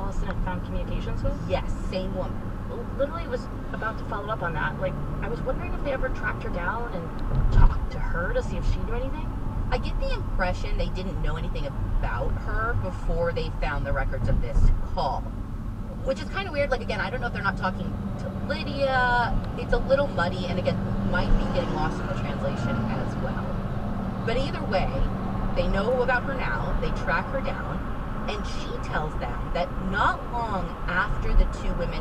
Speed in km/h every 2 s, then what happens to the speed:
29, 35, 42, 44, 40, 37, 32, 26, 23, 31, 34, 40, 48, 53, 56, 55.
0-4 speeds up to 42. 7-16 slows to 23. 16-32 speeds up to 55.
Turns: none.